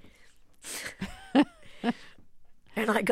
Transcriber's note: laughter